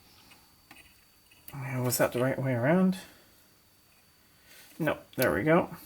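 Someone handles the plastic plug on an oxygen sensor's signal lead, checking its orientation before pushing it into its mating wiring harness connector. Faint handling noises come between stretches of someone talking. The plug has not clicked or seated in the connector yet.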